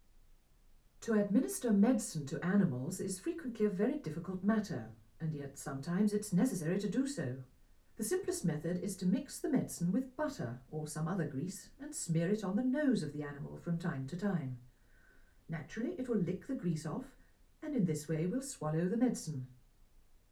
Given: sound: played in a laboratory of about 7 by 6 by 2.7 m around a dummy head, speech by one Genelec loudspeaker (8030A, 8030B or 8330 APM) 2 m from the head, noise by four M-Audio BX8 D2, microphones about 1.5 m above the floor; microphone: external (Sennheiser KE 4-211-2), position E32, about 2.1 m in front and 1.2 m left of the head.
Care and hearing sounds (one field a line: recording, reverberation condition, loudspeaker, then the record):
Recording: female speech in English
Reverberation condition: low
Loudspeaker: 120 degrees to the right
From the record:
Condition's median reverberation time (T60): about 310 ms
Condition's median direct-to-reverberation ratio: about 3.5 dB